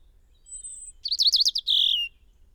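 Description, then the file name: European robin song: a thin high whistle, a quick series of sharp chipping notes, then a descending buzzy trill. "Erithacus rubecula"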